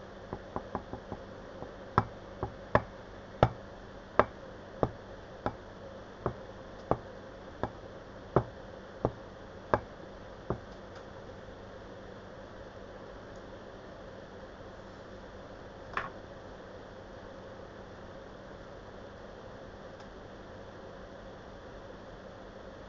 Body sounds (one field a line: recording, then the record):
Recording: background sound without coughing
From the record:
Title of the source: wind